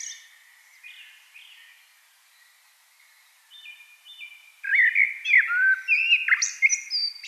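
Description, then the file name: Eurasian blackbird song, faint thin notes at first, then a loud mellow warbled phrase with sliding whistles and high chattering flourishes near the end. "Turdus merula"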